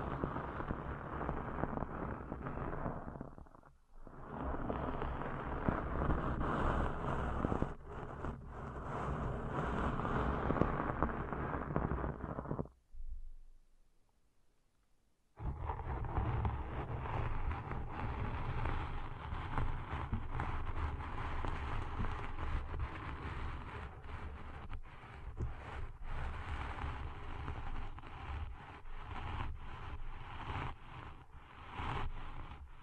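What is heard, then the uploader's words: Deep ear cleaning sounds rub and scrape in a dense, rumbling roar, pausing briefly near four seconds and falling silent around thirteen. ASMR Deep 3D Ear Cleaning Intense & Realistic (No Talking).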